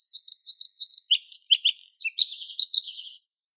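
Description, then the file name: Bluethroat song of rapid high twittering phrases, a few repeated double notes followed by varied chirps and a fast buzzy jumble. "Luscinia svecica"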